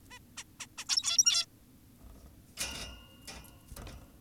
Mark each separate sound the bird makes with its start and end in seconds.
0.11-0.19, 0.38-0.44, 0.60-0.66, 0.78-0.85, 0.89-1.46